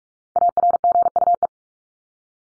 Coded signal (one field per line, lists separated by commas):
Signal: Morse code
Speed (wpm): 44 wpm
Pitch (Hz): 700 Hz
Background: none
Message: ARGUE